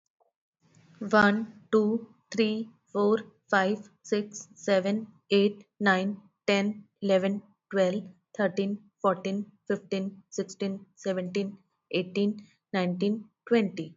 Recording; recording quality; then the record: counting at a normal pace; excellent, no background noise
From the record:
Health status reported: healthy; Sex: female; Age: 33 years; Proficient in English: yes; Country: India